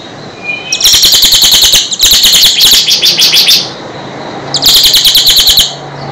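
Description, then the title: Bird song in loud bursts of rapid, evenly pulsed high chirps, each burst lasting one to one and a half seconds, three bursts with short pauses between. "Kicau Burung Yoi"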